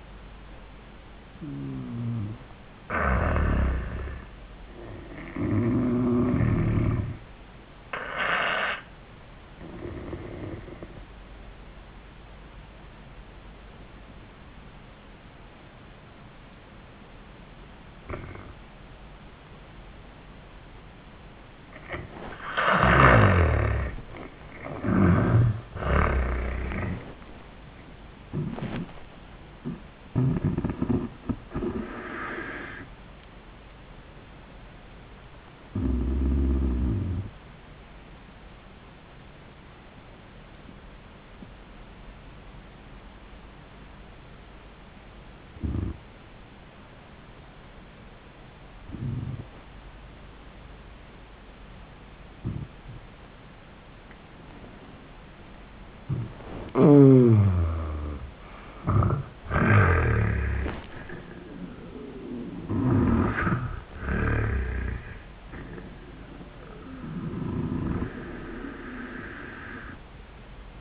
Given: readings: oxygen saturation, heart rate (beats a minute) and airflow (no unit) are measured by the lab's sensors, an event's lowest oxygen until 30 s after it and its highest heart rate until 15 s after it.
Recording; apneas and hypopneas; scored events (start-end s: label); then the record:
breathing in sleep by a voice recorder at the bedside; 2
11.00-23.30 s: obstructive apnea (N2, oxygen 96% highest, then 85% lowest, heart rate 92 at the start, 96 highest)
30.00-70.81 s: new sleep stage, N1 (lightest sleep)
37.00-55.40 s: hypopnea (N1, oxygen 97% highest, then 83% lowest, heart rate 95 at the start, 95 highest)
From the record:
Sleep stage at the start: N2 (light sleep); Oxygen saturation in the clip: 76 to 97%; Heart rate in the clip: 73 to 96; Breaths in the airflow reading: 9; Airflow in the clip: -29.2 to 26.1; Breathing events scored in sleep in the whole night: 400 in 8.7 hours asleep